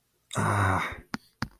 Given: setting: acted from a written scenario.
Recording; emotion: vocal sound without words; embarrassment